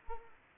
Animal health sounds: mosquito wingbeat signal from an infrared sensor; Anopheles arabiensis

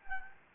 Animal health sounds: mosquito wingbeat signal from an infrared sensor; Anopheles gambiae

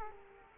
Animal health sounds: mosquito wingbeat signal from an infrared sensor; Culex quinquefasciatus

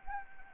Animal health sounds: mosquito wingbeat signal from an infrared sensor; Anopheles gambiae

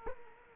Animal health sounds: mosquito wingbeat signal from an infrared sensor; Culex quinquefasciatus

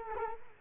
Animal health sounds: mosquito wingbeat signal from an infrared sensor; Culex quinquefasciatus

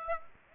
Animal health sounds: mosquito wingbeat signal from an infrared sensor; Aedes aegypti

